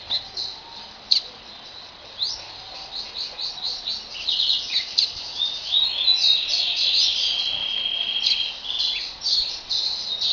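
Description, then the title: Double-collared seedeater song, a rapid varied series of high chirps, trills and slurred notes that starts sparse and grows into a dense, continuous warble. "Canto Coleiro"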